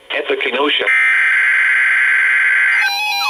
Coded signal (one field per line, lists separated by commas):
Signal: Emergency Alert System (SAME) tones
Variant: header bursts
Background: speech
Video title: Required Weekly Test - 05/29/19 (EAS #1,848)